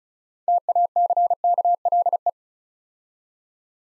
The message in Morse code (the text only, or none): TACKLE